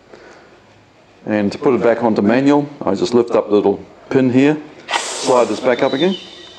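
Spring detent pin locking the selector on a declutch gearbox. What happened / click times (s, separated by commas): The pin is being handled but has not yet snapped into its detent / none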